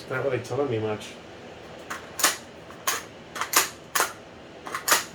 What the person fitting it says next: Alright, so it's definitely not latching.